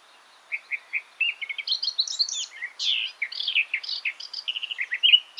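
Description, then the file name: Eurasian blackcap song opening with a few evenly spaced soft notes, then quickening into a tumbling warble of higher whistled and chattering notes. "Sylvia atricapilla"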